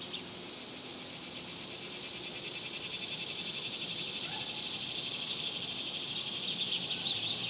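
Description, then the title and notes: Cicada chorus: a steady high buzzing drone that swells gradually louder toward the end. Recorded outdoors in summer in the suburbs. "Ext Summer Cicadas, Suburbs by Bandeto"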